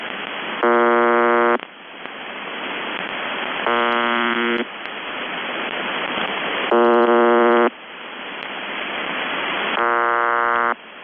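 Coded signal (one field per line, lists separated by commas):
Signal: numbers station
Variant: UVB-76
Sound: four harsh one-second buzzes about three seconds apart, steady hiss between, no voice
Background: radio static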